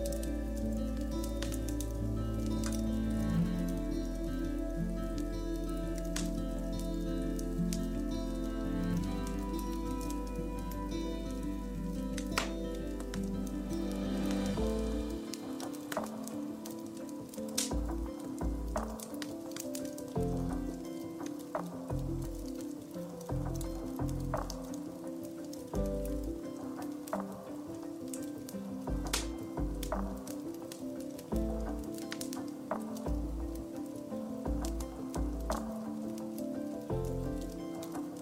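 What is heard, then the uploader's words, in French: Calm, sustained music of soft held tones plays under a fireplace, whose small pops and crackles snap irregularly throughout. A deep low drone fills the first fifteen seconds, then drops away, leaving the music sparer with pulsing low notes under the steady crackle. Mieux DORMIR avec l'ambiance de la CHEMINEE et une MUSIQUE apaisante. Avec les sons apaisants d'un feu de cheminée et une musique douce conçue pour favoriser un sommeil profond.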